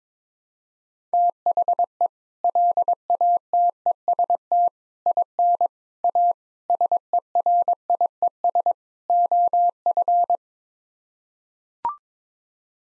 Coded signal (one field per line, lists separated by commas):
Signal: Morse code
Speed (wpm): 21 wpm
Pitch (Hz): 700 Hz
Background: none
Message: THE LATEST IN A SERIES OF